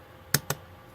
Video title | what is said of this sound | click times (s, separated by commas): From Fridge to FPS : Creeper Mini Fridge PC Build Livestream | Alrighty, we got a click there. | 0.3 s, 0.5 s